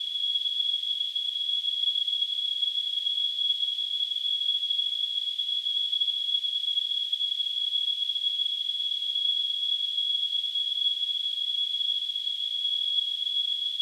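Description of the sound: Simulated tinnitus sound from a device: a steady, unbroken high-pitched tone near 3 kHz, surrounded by a faint hiss in the upper frequencies. It stays constant throughout, with nothing in the low range.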